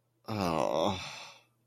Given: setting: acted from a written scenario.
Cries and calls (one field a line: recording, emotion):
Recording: vocal sound without words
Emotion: shame